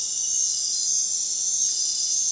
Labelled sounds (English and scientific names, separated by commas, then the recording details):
none
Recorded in dense forest near Puerto Asís, Putumayo, Colombia, on 21 February 2024 at 01:30
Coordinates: 0.499, -76.324
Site G6469